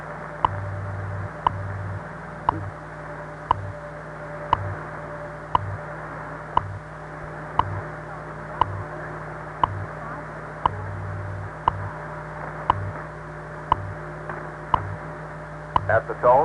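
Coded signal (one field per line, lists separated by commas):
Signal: radio time signal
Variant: WWV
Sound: short clicks once per second over static with low humming pulses, then a voice starts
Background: radio static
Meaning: Each tick marks one second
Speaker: at the tone one hour five minutes coordinated universal time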